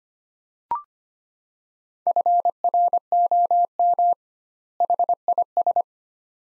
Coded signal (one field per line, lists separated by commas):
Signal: Morse code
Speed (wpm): 25 wpm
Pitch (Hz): 700 Hz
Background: none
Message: FROM HIS